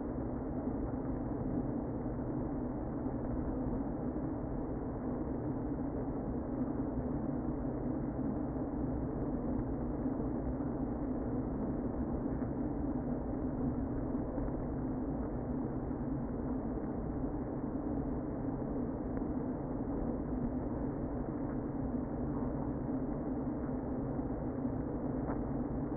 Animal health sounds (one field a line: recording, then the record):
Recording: honeybee colony, microphone inside the hive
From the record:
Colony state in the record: queen present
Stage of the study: before two queens were removed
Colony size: about 60,000 bees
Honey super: yes